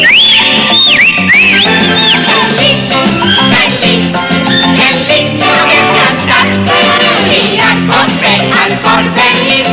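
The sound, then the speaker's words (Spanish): A bright, high whistled melody, part of a song about working happily while singing and whistling, rises and dips over a busy, loud musical accompaniment in the opening seconds, then the full instrumental arrangement carries on steadily. “Cazar, qué lindo, qué lindo trabajar, cantando así, silbando así.”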